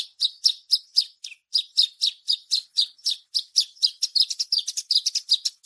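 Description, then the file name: Bushlark singing quick, high, sweeping chirps at about four notes per second, growing denser toward the end. Singing described as gacor, an Indonesian term for active, continuous song. "suara branjangan gacor mewah"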